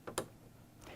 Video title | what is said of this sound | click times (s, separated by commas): Proper Bobbin Use | post and seed it onto the posts listen for the click you | 0.1 s, 0.2 s